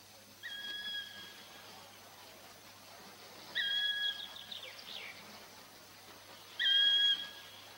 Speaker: Это кричит черный дятел Желна.